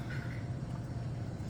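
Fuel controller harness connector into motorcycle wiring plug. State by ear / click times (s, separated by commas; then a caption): not seated / none. A plastic electrical connector on a fuel-injection module (fuel controller) harness is handled near the motorcycle wiring plug it goes into, behind a hose. Only a steady, low rumbling background with a hum around 100 Hz is heard, with no distinct transients. Nothing has seated or clicked yet.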